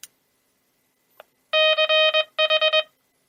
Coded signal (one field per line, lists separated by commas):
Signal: Morse code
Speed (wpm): 21 wpm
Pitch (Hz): 3100 Hz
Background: none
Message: CH